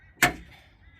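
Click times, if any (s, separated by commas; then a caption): 0.2 s. A trim tool pries a small stuck plastic trim clip out of its mount up in the trim of a 2021 Tesla Model 3 during a boot button replacement. The clip comes free with a single sharp snap at 0.2 seconds, and then only faint background remains. The stuck clip is released.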